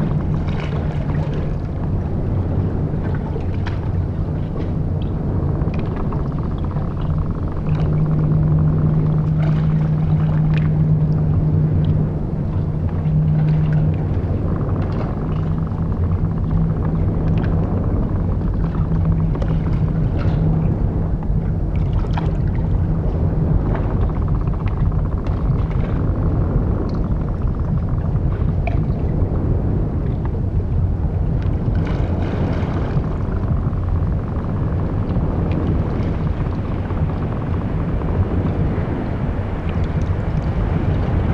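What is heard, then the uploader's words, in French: Hydrophone recording in a cove off an island in the Bering Sea, where the water freezes at night. A steady, dense low rumble fills the whole clip, with a sustained low hum strongest around eight to fourteen seconds. Faint scattered crackles and ticks sound above it throughout. Plongée d'hydrophones dans une crique de St-Paul, une des îles Pribilof, dans la mer de Béring qui, la nuit, se glace. Sous la couche gelée, craquettent des crevettes-pistolet. L'eau solide travaille, gronde, chante.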